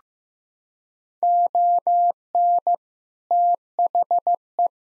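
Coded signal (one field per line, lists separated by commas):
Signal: Morse code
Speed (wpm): 15 wpm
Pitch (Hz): 700 Hz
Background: none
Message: ON THE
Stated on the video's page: Head-copy practice at 15 wpm: common six-word groups sent in Morse, spoken, then sent again.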